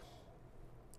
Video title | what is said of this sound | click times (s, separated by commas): Installing the Tesla Model 3 Power Trunk! | go ahead and put those back into the trunk cover so they just kind of slide and snap into place | 0.9 s